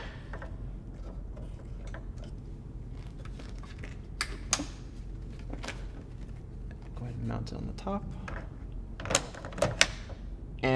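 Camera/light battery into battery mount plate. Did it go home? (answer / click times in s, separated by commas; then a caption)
yes / 9.8 s. A battery is slid onto the battery mount plate of an Astra Light Panel and Dracast LED light kit while someone talks, with soft scraping and small taps as it is positioned. It locks in place with a firm click at 9.8 s, seating the battery on the mount.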